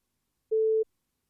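signal or alarm, telephone call tone

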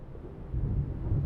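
nature, thunderstorm with heavy rain

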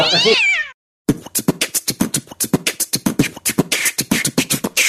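animal, cat meowing

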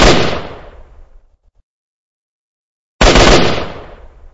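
sound effect, gunshots

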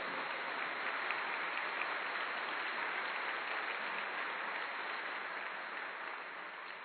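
crowd, audience applause

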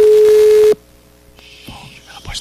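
signal or alarm, telephone call ringing tone

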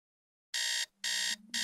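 household object, alarm clock ringing

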